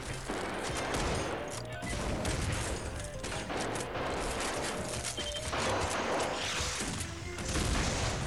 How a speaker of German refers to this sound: Der Mann, um den es sich handelt, schießt zurück. Nun knallt es mehrmals. Laufen, knallen, Schreie, Musik, Automotor, Schüsse.